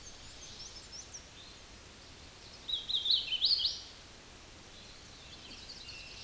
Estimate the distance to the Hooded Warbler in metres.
about 15 m